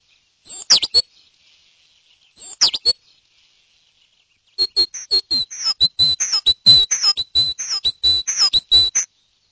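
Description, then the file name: Great tit calls: two brief chirps, then a fast, uneven run of sharp, high notes that varies slightly in pitch. "koolmees"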